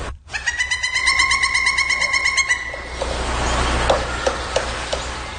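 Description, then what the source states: Pileated Woodpecker call: a rapid, even series of harmonic notes lasting about two and a half seconds, then quiet. Described as more a call than a song, and soothing.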